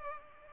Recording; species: mosquito wingbeat signal from an infrared sensor; Culex pipiens